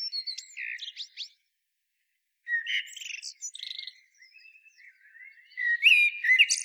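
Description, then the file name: Common blackbird song: phrases of low, fluty whistles broken by high scratchy twitters, with a brief pause before the final loud, squeaky flourish. "Turdus merula"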